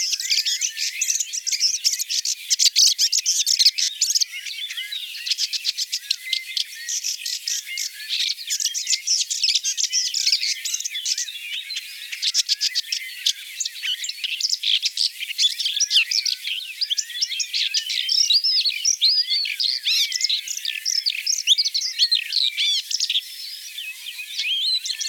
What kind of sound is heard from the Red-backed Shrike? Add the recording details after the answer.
song. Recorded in the wild. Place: Kaiserstuhl, Baden-Württemberg, DE. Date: 1981-05-17. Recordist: Schwarz, Dieter. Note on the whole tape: Song